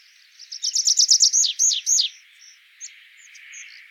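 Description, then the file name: Tree pipit singing a fast series of high descending notes that slow into longer slurred notes, then trail off into soft faint calls. "Tradpiplarka"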